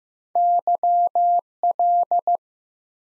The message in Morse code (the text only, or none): YL